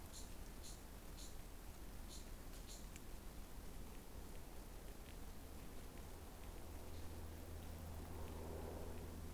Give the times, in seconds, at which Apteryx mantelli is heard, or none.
none